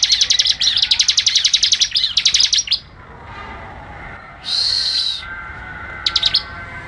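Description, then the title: Bird song: a long, rapid run of high, clipped chirps for nearly three seconds, then a short buzzy burst and a few last quick notes. "SuaraBurung Kicau1"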